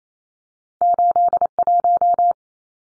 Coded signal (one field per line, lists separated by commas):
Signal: Morse code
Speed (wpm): 28 wpm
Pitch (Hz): 700 Hz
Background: none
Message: 81